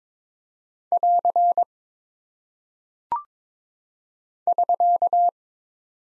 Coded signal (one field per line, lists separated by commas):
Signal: Morse code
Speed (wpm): 22 wpm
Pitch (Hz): 700 Hz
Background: none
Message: <AR> <SK>